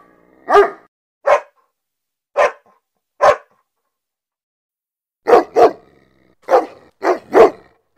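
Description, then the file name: German Shepherd barking: four barks, a gap of two seconds, then a tighter cluster of five barks. "Tieng cho becgie sua"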